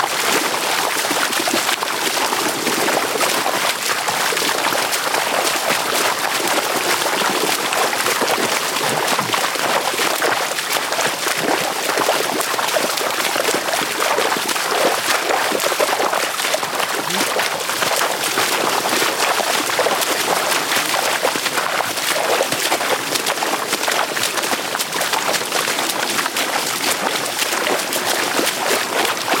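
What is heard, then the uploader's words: Dugout canoes are hauled by harness through shallow floodplain water, with a constant swishing and splashing that never lets up. Countless small sloshes and scrapes blur into a dense, bright wash of sound at an even level for the whole half minute. Madinari island, Okavango Delta. A mokoro is not so nice when loaded with batteries and lenses and there is no water to float it in. We have harnesses and literally pull it like oxen across the floodplains in search of a channel. Recorded by Brian House.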